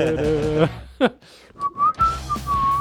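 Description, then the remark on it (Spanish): A person whistles a short song melody: a thin, clear tone that slides between a few long held notes, following a brief burst of other voiced sound at the start. “La verdad que mola, porque esta canción la puedes silbar y todo.”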